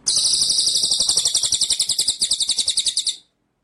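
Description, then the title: White-rumped shama song: an unbroken run of rapid, high, shrill pulses that stops abruptly after about three seconds. Masteran (training) track; full song in the ngerol nembak style. "Masteran Murai Batu Full Ngerol Nembak"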